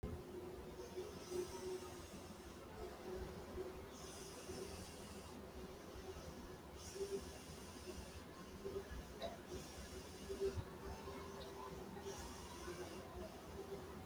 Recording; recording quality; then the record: deep breathing; moderate, slight background noise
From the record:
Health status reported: healthy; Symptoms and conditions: none ticked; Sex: male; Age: 26 years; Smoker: not ticked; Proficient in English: yes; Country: India